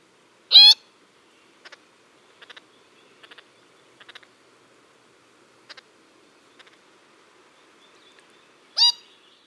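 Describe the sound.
Least Grebe calls: two loud, nasal, harmonic notes near the start and end, about eight seconds apart, with faint soft ticking notes scattered between them.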